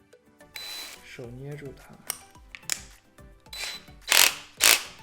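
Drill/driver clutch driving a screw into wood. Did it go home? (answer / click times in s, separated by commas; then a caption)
yes / 2.5 s, 2.7 s, 4.1 s, 4.2 s, 4.7 s. A Parkside 4-in-1 cordless drill/driver, set to a lowered torque because the wood is soft, drives a screw into wood while someone talks. Its clutch ratchets and slips its teeth, giving sharp clicks at 2.6, 2.7, 4.1, 4.2 and 4.7 seconds, confirming it is slipping at this torque setting.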